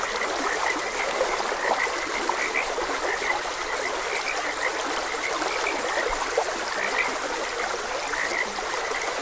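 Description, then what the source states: Frogs croaking in a chorus of short, bright repeated notes over the steady hiss and trickle of a flowing stream. Frogs croaking beside a gentle stream.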